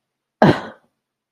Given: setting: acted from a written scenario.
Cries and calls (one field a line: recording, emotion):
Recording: vocal sound without words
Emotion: contempt